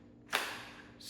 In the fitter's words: snaps right in so that was kind of cool